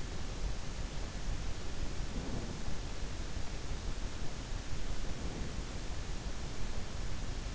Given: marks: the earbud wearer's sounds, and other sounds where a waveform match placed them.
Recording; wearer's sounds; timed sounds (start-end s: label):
sounds in sleep by an in-ear microphone; breath
1.95-2.66 s: breath
4.87-5.78 s: breath